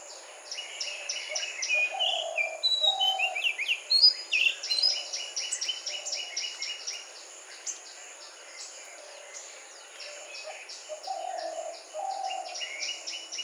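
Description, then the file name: Oriental magpie-robin song: varied whistled phrases, loudest in the first half, among a steady run of rapid repeated notes from other birds in the chorus. Sung in a morning chorus. "Magpie robin in morning chorous"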